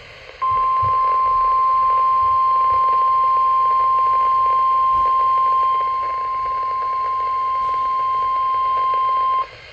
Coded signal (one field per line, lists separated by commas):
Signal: Emergency Alert System (SAME) tones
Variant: 1050 Hz attention tone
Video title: EAS #858 Tornado Warning PDS